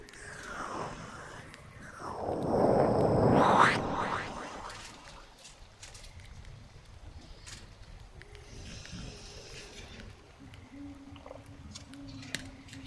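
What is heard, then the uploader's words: A whooshing, swelling sound builds from about two seconds, peaks around three to four seconds, and then fades, with a wavering airy quality like ear cupping. Afterward a quieter stretch follows, with a faint low hum and a few sharp taps near the end. NO TALKING OR WHISPERING.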